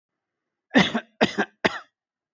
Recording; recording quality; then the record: shallow voluntary cough; excellent, no background noise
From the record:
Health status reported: healthy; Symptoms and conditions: cough, asthma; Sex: male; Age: 44 years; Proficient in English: yes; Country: India